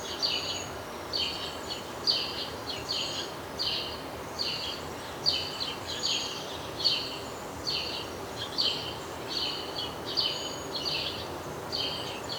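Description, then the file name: House sparrow chirping rapidly: a lively string of buzzy cheeps, more than one per second, over a constant hiss of background noise. "Passer domesticus"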